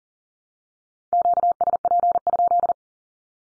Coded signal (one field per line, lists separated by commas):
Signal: Morse code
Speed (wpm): 40 wpm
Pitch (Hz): 700 Hz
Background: none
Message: QSP?